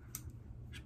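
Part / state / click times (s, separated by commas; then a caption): razor blade clamped into a slant safety razor head / seated / 0.1 s. A double-edge razor blade sits in the top cap of a slant safety razor as the handle is screwed down to clamp it. A sharp snap is heard at 0.1 s (peak near 0.15 s), followed by a much fainter tick at 0.3 s over a low background rumble. The snap is normal for this razor, and the blade is seated and clamped in the head.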